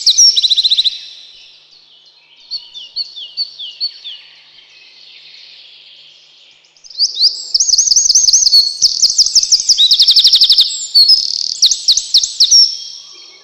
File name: крапивник